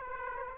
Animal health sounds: mosquito wingbeat signal from an infrared sensor; Aedes aegypti

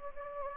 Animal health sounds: mosquito wingbeat signal from an infrared sensor; Anopheles gambiae

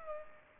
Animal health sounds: mosquito wingbeat signal from an infrared sensor; Culex pipiens

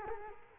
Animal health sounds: mosquito wingbeat signal from an infrared sensor; Culex quinquefasciatus

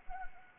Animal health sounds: mosquito wingbeat signal from an infrared sensor; Anopheles arabiensis

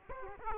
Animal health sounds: mosquito wingbeat signal from an infrared sensor; Aedes aegypti

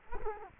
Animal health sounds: mosquito wingbeat signal from an infrared sensor; Culex quinquefasciatus

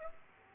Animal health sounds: mosquito wingbeat signal from an infrared sensor; Aedes aegypti

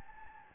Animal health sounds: mosquito wingbeat signal from an infrared sensor; Anopheles gambiae

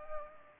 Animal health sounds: mosquito wingbeat signal from an infrared sensor; Anopheles arabiensis

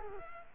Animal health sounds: mosquito wingbeat signal from an infrared sensor; Culex quinquefasciatus

